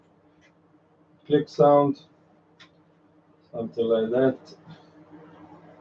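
During cable management of a PC build, a power cable connector is handled near its motherboard or component header, but it has not seated or clicked yet. Someone talks in two short bursts around 1.3–2.0 s and 3.5–4.4 s over a steady low hum, with faint handling noise in between.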